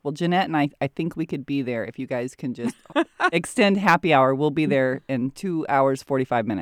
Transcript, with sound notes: Well, Jenette, and I think we could be there if you guys can just [laughing] extend happy hour, we’ll be there in two hours forty-five minutes.